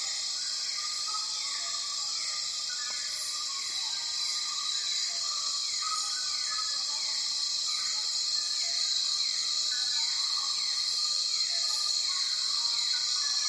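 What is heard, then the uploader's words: Night in a Borneo jungle, filled with a dense, unbroken wall of high, shrill insect trilling that holds steady throughout. Repeating chirps and pulsing calls layer over it every second or so, likely frogs and crickets, with nothing deep or low underneath. Night In The Borneo Jungle. The soundscape in the Borneo rainforest is incredibly lush and varied. Most birds stop singing at night, but that's when insects and frogs take over.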